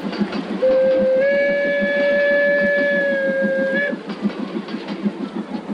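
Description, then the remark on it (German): A train rumbles and clacks rhythmically along the rails, while a long, steady, high-pitched horn blast sounds over the clatter for about three seconds before cutting off. “Wir sind wenigstens mit dem Zug, eine Station mit dem Zug gefahren.”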